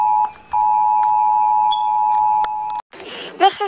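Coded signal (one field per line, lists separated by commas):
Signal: Emergency Alert System (SAME) tones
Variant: 853 and 960 Hz attention tone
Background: speech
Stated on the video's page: Homemade EAS recreation, not a real alert.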